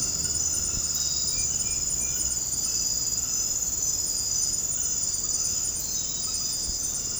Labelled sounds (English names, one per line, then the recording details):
none
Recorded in dense forest near Puerto Asís, Putumayo, Colombia, on 19 February 2024 at 00:30
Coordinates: 0.486, -76.316
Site G6437